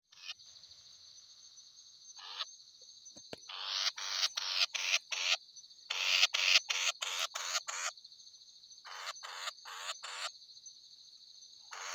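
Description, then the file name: Mixed batis uttering scratchy, chattering bursts in uneven series that build and fade, over a constant shrill insect hum. "Batis mixta"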